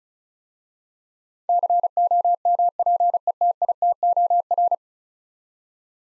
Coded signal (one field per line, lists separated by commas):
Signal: Morse code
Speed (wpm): 36 wpm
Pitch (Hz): 700 Hz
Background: none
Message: COMPETITOR